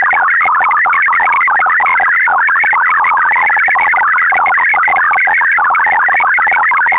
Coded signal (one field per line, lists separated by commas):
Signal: multi-tone FSK (Olivia or MFSK type)